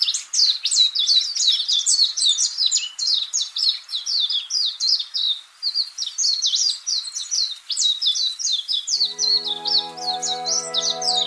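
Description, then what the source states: Warbling white-eye delivering a long, rapid, high-pitched warbling song of tumbling notes; a steady tonal musical sound enters near the end. Recorded on the Senami coast, Niigata Prefecture, Japan.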